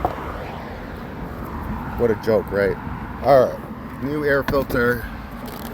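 Someone talks while holding a new paper and rubber-framed engine air filter beside the plastic airbox housing of a 2014 Cadillac ATS 2.0 liter turbo, over a steady low background hum with a brief sharp sound at 0.1 s. The clip ends before the filter is pressed in, so nothing has seated or clicked yet.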